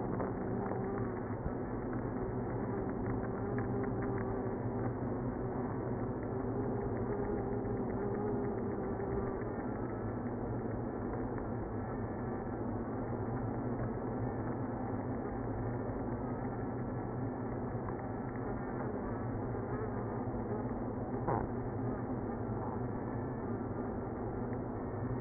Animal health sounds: honeybee colony, microphone inside the hive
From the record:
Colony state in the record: queenless (queen removed); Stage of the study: after two queens were removed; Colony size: about 60,000 bees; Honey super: yes

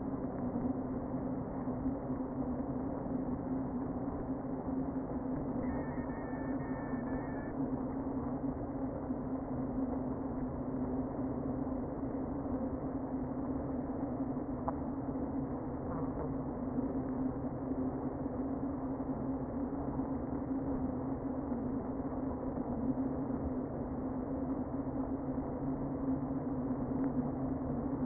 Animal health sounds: honeybee colony, microphone inside the hive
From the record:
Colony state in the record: queen present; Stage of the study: before two queens were removed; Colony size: about 60,000 bees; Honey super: yes

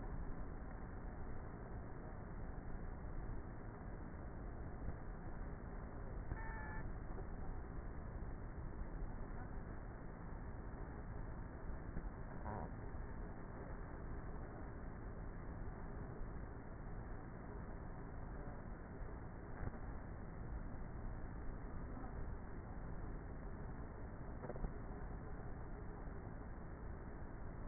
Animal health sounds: honeybee colony, microphone inside the hive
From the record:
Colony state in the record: queenless with a low population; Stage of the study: before two queens were removed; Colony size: about 30,000 bees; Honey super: no

